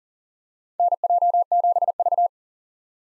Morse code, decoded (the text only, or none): NJ7V